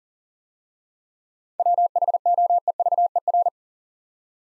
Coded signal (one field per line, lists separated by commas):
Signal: Morse code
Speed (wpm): 38 wpm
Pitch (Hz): 700 Hz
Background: none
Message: WHOEVER